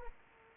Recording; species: mosquito wingbeat signal from an infrared sensor; Aedes aegypti